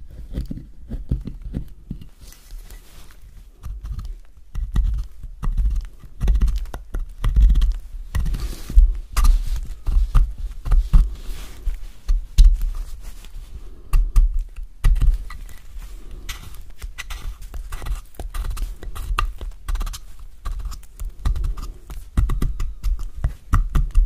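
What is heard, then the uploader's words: Soap being carved, a steady run of short, crisp scraping and flaking sounds packed closely together at an uneven pace. Soft low thuds sit under most strokes, and a few sharper, brighter cuts stand out around the middle. ASMR Soap Carving. Relaxing soap cutting sounds.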